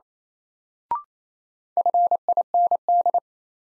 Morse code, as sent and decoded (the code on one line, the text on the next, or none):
..-. .. -. -..
FIND